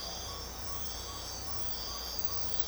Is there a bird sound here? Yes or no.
yes